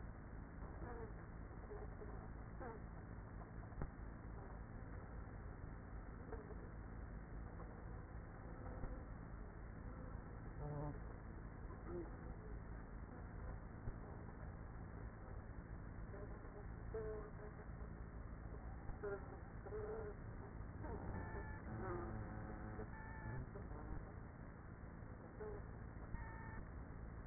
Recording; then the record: honeybee colony, microphone inside the hive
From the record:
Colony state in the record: queenless with a low population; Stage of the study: after two queens were removed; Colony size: about 30,000 bees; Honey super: no